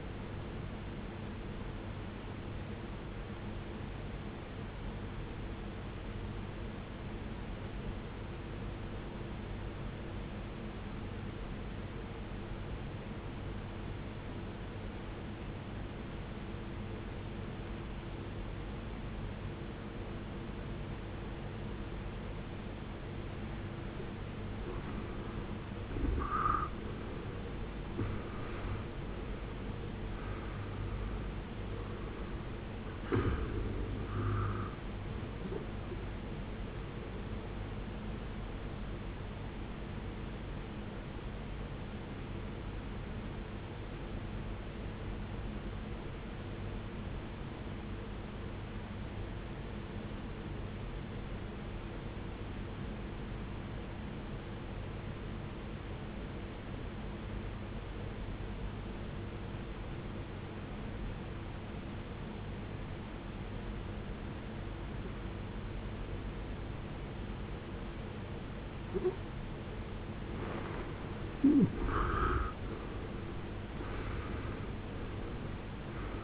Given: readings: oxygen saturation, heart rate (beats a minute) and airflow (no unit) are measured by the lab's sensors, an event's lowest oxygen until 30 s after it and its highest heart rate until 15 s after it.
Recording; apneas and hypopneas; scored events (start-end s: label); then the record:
breathing in sleep by a voice recorder at the bedside; 2
3.00-22.70 s: obstructive apnea (N2, oxygen 95% highest, then 75% lowest, heart rate 52 at the start, 78 highest)
15.00-76.24 s: new sleep stage, N1 (lightest sleep)
44.00-69.20 s: obstructive apnea (N1, oxygen 93% highest, then 74% lowest, heart rate 53 at the start, 83 highest)
From the record:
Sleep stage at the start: N2 (light sleep); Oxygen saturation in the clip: 75 to 95%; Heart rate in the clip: 52 to 78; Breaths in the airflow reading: 7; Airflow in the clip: -18.6 to 17.3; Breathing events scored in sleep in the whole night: 389 in 6.3 hours asleep